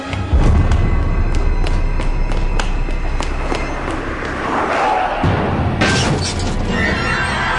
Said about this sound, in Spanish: Auto lo atropelló lanzándolo a la vereda.